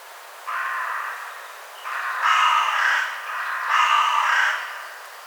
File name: Corvus corone